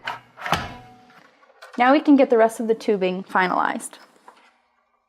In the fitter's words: So we'll line up the sides here and just push down at a 45° angle until you hear a click.